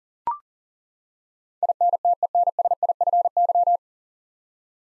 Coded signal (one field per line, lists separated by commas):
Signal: Morse code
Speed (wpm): 37 wpm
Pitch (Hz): 700 Hz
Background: none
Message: INTENSIFY